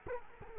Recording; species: mosquito wingbeat signal from an infrared sensor; Culex quinquefasciatus